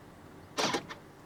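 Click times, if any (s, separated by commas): none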